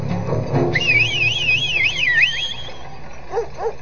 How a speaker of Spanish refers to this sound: Oliver estaba pensando que lo mejor sería escapar, cuando de pronto el Dodger se detuvo frente a una puerta y lo tomó del brazo y dio un silbido.